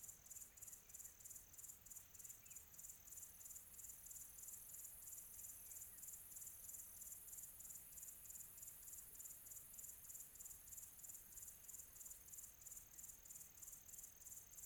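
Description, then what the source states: Cricket giving high, rhythmic chirps, around three each second, holding the same pace over a soft hiss. Quiet tropical atmosphere.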